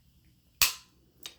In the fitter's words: turn your do you hear that click then